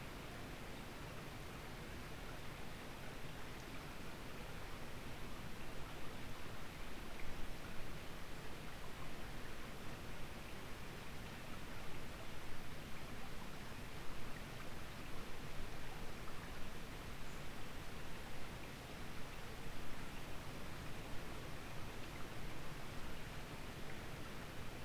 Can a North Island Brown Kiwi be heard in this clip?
no